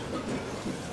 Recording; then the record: coughing mixed with background sound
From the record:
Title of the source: Residual Phlegmy Morning Coughing and Gagging